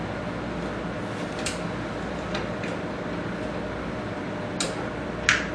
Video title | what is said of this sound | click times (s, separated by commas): How to Build a simple PC! | again, you just push it in lightly until you hear it click. | 5.3 s